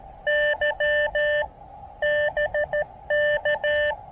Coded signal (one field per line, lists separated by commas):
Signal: Morse code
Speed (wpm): 14 wpm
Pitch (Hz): 590 Hz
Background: none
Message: Y BK